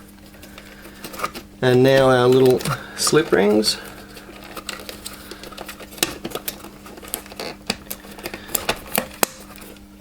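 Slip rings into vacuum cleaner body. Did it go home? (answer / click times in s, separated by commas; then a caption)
yes / 6.0 s, 7.1 s, 7.7 s, 8.5 s, 8.9 s, 9.2 s. Slip rings are fitted back into the body of an Electrolux 725 vacuum cleaner while someone talks briefly near the start over a faint steady hum. Sharp, short clicks follow at 6.0, 7.1, 7.7, 8.6, 9.0 and 9.2 seconds as the slip ring contacts click into place and seat as they should.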